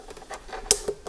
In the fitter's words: you hear a click so that is on